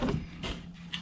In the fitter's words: Again, that little tab goes to the front, locks in place.